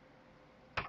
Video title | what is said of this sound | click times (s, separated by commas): Lutro0 Customs - Heatshrinkless Sleeving "Plastic Type" Method | you'll hear it pop on the other side | 0.8 s